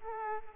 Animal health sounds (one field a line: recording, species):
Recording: mosquito wingbeat signal from an infrared sensor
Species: Aedes aegypti